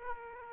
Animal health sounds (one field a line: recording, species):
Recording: mosquito wingbeat signal from an infrared sensor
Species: Aedes aegypti